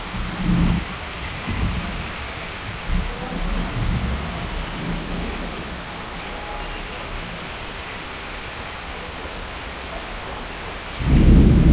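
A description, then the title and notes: An evening thunderstorm in North Kolkata, with a steady hiss of rain running throughout. Low rumbling thunder swells in short bursts over the first five seconds, eases off, then surges back loudly in the final second. North Kolkata Evening Thunderstorm.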